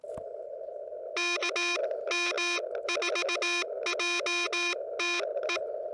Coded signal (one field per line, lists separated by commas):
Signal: Morse code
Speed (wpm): 19 wpm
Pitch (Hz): 2450 Hz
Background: none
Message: KM4JTE